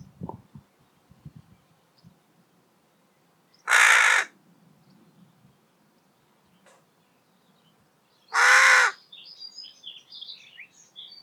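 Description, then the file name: Carrion crow calling two harsh, grating caws about five seconds apart, with faint clicks early on and high twittering from a small bird near the end. "Corvus corone"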